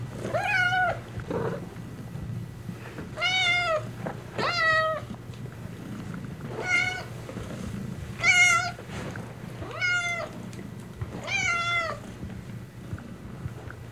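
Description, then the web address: Domestic cat meowing, seven clear tonal meows, each slightly bending in pitch. Contented domestic cat meowing while being petted. "cat purring and meowing animal purring contented animal x purring being petted animal"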